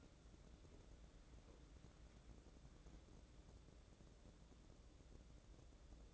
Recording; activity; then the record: daily activity, microphone in the room; wipe stove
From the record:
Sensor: 3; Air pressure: 1012.3 hPa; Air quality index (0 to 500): 180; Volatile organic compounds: 3 ppm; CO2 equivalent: 1376 ppm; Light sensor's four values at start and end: 575/1430/591/606 and 574/1428/590/605